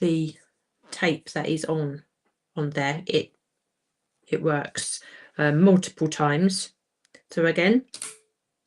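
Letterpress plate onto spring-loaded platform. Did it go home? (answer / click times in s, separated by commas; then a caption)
no / none. A letterpress plate is handled over the spring-loaded platform of a Spellbinders BetterPress while someone talks throughout. Nothing has seated or snapped into place yet; the clip ends just before the plate goes home.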